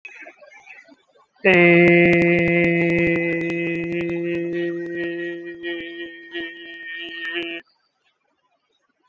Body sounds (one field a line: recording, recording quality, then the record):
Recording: sustained vowel as in made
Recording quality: excellent, no background noise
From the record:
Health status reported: COVID-19 positive, mild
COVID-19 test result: positive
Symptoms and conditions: cough, breathing difficulty, sore throat, fever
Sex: male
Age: 35 years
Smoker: not ticked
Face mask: not worn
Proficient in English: yes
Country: India